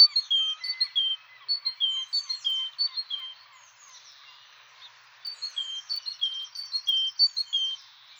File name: Kjøttmeis